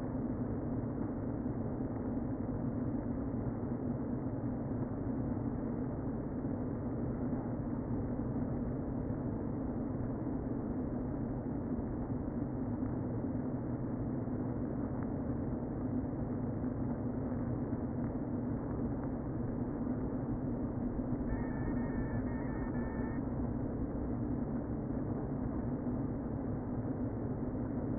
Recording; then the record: honeybee colony, microphone inside the hive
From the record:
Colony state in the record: queen present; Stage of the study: before two queens were removed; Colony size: about 60,000 bees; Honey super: yes